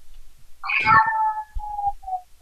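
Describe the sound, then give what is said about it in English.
A single drawn-out cat meow rises sharply then trails off into a wavering, descending tail with a couple of short fading whines, heard alone without any talking. “Not even a cat's meow. Well, maybe that.”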